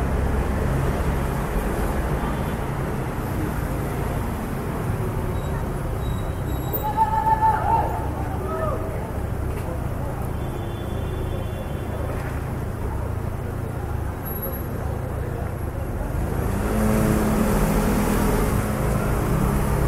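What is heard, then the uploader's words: City traffic rumbles steadily and low, with brief voices and a faint chirp around seven seconds, swelling slightly near the end. City ambience sounds. You will hear sounds of traffic, birds, and the occasional person talking.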